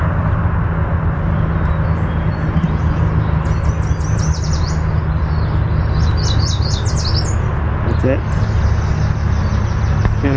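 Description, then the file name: Yellow warbler singing a fast series of bright, high slurred notes that speed up into a jumbled flourish, against a continuous deep rumble. Chip and song. "YWAR chip song"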